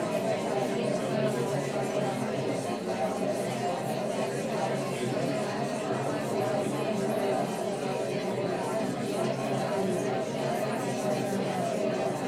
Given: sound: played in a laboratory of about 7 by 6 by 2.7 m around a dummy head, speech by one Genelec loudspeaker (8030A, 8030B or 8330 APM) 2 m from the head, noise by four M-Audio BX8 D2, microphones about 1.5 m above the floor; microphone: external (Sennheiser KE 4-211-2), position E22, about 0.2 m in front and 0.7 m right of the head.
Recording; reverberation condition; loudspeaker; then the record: babble noise; low; four, about 170 cm from the corners of the room and facing them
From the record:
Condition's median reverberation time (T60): about 310 ms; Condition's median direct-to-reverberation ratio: about 3.5 dB